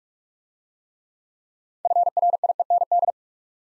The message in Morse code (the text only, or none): FRIEND